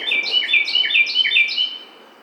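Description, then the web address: Carolina wren song, a loud rolling series of about four repeated phrases, clear and ringing, with a quiet background. June 12, 2009. "Carolina Wren 2009 06 12"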